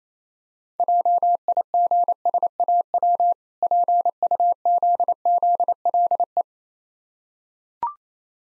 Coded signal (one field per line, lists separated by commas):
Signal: Morse code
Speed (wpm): 28 wpm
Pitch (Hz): 700 Hz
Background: none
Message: JIGSAW PUZZLE